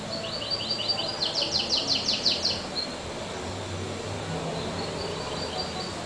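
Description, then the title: Double-collared seedeater song: a quick run of bright falling notes for about two seconds, then faint, softer notes against low background noise. "Canto Coleiro"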